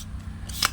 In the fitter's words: அழுத்தணும் அப்படின்னா அது போய் லாக் ஆகிக்கும். ரிமோட்டே எடுக்க முடியாது. ஓகேங்களா?